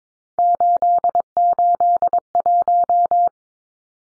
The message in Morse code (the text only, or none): 881